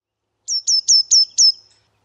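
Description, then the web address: Eurasian blue tit calling, a quick run of five high, clear notes, each sliding downward, delivered in under two seconds against a silent background. "cianscape birddata Deverinetal 2025 File origin Bird Only Cy Ca"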